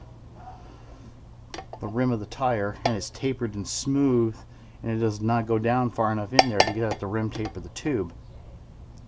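Someone talks while handling a notched, tapered tire lever hooked under the rear tire bead of an Ecomoped e-bike, against the metal rim, ready to be pried. Light clinks sound under steady speech and a low hum. Nothing has seated or clicked into place yet.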